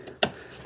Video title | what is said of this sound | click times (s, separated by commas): Santa Fe Fuel Pump Assembly Replacement (Hyundai 2007 - 2012) | Slide it on. Clicks. Push down. | 0.2 s